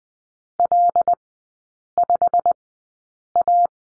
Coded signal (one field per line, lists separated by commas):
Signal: Morse code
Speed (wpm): 20 wpm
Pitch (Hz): 700 Hz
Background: none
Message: L5A